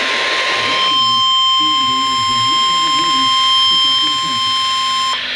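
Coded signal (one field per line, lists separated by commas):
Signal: Emergency Alert System (SAME) tones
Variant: 1050 Hz attention tone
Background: speech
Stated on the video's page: Severe thunderstorm warning EAS tones from a station in Johnstown, PA.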